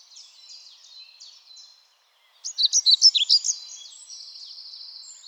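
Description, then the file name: European pied flycatcher song, a brief, lively burst of high, swinging notes, then a thin, steady buzzy note. "GOBEMOUCHE NOIR"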